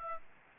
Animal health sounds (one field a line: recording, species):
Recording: mosquito wingbeat signal from an infrared sensor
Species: Aedes aegypti